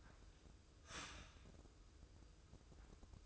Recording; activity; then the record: daily activity, microphone in the room; start toaster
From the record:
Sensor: 2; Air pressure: 995.1 hPa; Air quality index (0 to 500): 58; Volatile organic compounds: 1 ppm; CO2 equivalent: 956 ppm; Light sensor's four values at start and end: 17/54/21/20 and 17/54/21/20